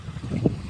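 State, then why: Not seated. A fishing line is taken the wrong way on a spinning reel, a beginner's mistake, so it does not lock into the reel's line clip. Low, rumbling noise runs throughout, with one brief low-pitched burst at 0.46 s. Nothing has locked or clicked yet.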